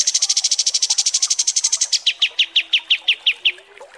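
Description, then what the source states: Kapas tembak bird song: a fast, high trill of rapid notes for two seconds, then slower, lower chipping notes about every fifth of a second. Masteran (tutor song) for training cage birds, described as mewah (luxurious).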